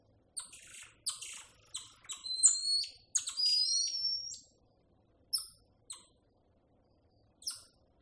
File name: audio hero Monkey Golden Lion Tamarin